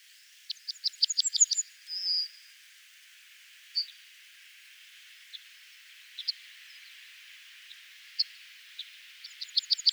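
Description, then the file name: Yellowhammer song opens with a quick series of sharp repeated notes ending in a longer held note, followed by sparse thin chirps and a new series starting at the end. Recorded at Oberwattenbach on 9 February 2014. "Goldammer. Oberwattenbach. Michle Pron"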